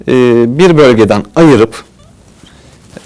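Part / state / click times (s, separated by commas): snap clip of hair extension onto hair / seated / 3.0 s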